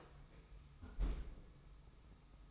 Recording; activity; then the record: daily activity, microphone in the room; close fridge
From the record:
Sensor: 1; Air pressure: 990.9 hPa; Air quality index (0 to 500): 113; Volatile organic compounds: 130 ppm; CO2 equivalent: 3927 ppm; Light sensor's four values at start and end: 19/46/19/21 and 19/46/19/21